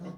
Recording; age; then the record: pig call; piglet (1 to 25 days)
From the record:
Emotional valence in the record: negative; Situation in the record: long isolation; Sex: female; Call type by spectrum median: low-frequency call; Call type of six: low-frequency tonal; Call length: 0.17 s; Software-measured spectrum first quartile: 177 Hz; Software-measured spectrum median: 268 Hz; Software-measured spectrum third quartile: 594 Hz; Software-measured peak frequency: 170 Hz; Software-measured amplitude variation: 145 dB a second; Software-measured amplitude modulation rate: 20.2 a second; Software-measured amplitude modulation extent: 7.2 dB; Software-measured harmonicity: 6.6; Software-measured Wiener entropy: -0.37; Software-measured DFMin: 1208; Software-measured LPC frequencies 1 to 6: 1026, 1982, 2953, 3920, 5425, 5997 Hz